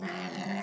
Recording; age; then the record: pig call; piglet (1 to 25 days)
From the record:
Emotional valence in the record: negative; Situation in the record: long isolation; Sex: female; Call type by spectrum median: low-frequency call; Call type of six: low-frequency modulated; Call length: 0.62 s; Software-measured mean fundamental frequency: 92 Hz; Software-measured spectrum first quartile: 251 Hz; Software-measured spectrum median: 694 Hz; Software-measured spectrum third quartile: 1818 Hz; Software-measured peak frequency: 193 Hz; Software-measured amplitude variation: 79 dB a second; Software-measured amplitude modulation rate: 24.1 a second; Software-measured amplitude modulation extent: 3.3 dB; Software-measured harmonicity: 2.5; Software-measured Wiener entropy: -1.28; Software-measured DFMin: 829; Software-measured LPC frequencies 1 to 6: 609, 1959, 2838, 3890, 4510, 5504 Hz